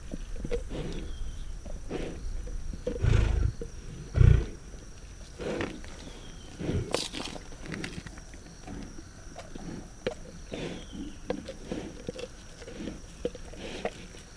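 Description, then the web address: Lion giving two heavy, low grunting roars a little over a second apart, then quieter. "big cats|lions"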